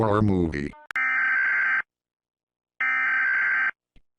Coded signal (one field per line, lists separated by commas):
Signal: Emergency Alert System (SAME) tones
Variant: header bursts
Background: speech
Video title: Rating EAS Alarms From Different Countries.